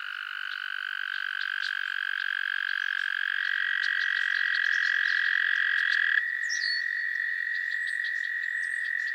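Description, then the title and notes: Frog chorus: a dense, continuous high trilling buzz, with faint chirps scattered above throughout. Chorus of frogs calling to one another on a summer evening at Miners Marsh, Annapolis Valley, Nova Scotia. "Theraphonia - Frogsong at Miners Marsh. A chorus of frogs croon to one another on an idyllic summer evening in Miners Marsh, Annapolis Valley, Nova Scotia"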